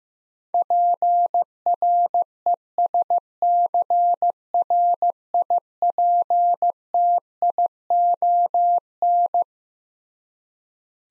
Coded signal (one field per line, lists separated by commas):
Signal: Morse code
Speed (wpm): 15 wpm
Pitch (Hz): 700 Hz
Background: none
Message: PRESCRIPTION